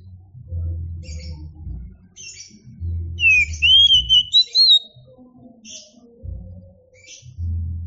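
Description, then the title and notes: Oriental magpie-robin singing clear whistled phrases that slur down then rise and level off, with faint high chirps and low thumping background noise. Championship-level singing bird. "Kicau Burung Kacer Juara. Suara Kicauan Burung Kacer Juara"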